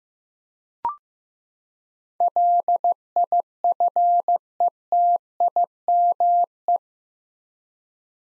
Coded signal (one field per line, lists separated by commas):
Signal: Morse code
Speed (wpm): 15 wpm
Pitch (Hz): 700 Hz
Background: none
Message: LIFETIME